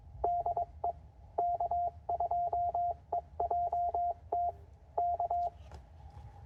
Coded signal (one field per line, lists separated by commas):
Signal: Morse code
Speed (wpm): 22 wpm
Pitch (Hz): 700 Hz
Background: none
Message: DE K2EJT K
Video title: CW POTA with the Penntek TR-45L